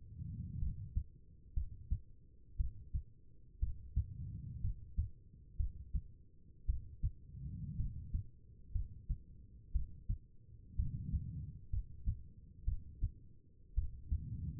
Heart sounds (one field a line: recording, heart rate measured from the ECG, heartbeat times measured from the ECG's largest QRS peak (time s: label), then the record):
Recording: heart sounds by stethoscope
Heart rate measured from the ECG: 59 bpm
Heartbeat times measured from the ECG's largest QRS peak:
0.59 s: heartbeat
1.54 s: heartbeat
2.57 s: heartbeat
3.60 s: heartbeat
4.61 s: heartbeat
5.57 s: heartbeat
6.66 s: heartbeat
7.77 s: heartbeat
8.72 s: heartbeat
9.72 s: heartbeat
10.76 s: heartbeat
11.70 s: heartbeat
12.65 s: heartbeat
13.75 s: heartbeat
From the record:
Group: healthy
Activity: rest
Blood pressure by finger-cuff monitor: 89/61 mmHg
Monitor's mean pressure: 70 mmHg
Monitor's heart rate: 58 bpm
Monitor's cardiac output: 4.3 L/min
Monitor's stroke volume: 73 mL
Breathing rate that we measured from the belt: 17 breaths a minute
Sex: female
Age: 36 years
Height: 163 cm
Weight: 88 kg